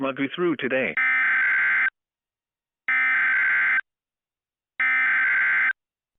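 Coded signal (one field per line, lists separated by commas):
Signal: Emergency Alert System (SAME) tones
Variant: header bursts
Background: speech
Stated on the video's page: Fictional EAS scenario about a wildfire, with valid tones.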